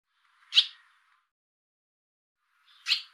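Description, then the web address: Barn swallow calls: two short, sharp chirps about two seconds apart, each a quick bright note against a quiet background. "cianscape birddata Deverinetal 2025"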